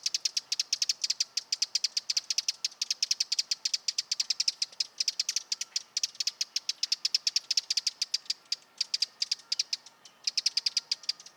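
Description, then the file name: Eurasian wren calling with steady rapid ticks, loud and regular, easing briefly near the end before resuming. "Troglodytes troglodytes"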